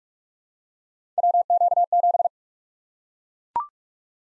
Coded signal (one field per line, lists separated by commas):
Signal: Morse code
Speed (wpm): 44 wpm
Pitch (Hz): 700 Hz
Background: none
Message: WQ7